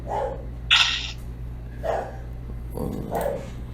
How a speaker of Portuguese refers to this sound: Aí agora o cachorro inventa de latir.